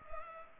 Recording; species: mosquito wingbeat signal from an infrared sensor; Culex pipiens